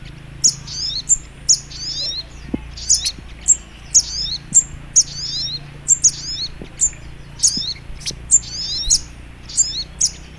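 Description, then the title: Sogok Ontong Labaik: songbird song: high, sharp chirps and quick descending trills repeated about every half second, over a faint low hum. Training recording (masteran) of a bird called Sogok Ontong Labaik. "Masteran Burung Sogok Ontong Labaik"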